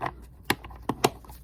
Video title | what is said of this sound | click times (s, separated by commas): ResPlus+ CPAP | It'll snap in place for you. | 0.5 s